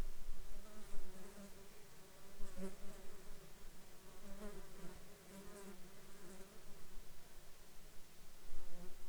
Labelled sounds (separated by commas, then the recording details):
insects
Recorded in the Arctic National Wildlife Refuge, Alaska, on 21 June 2019 at 11:10
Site 33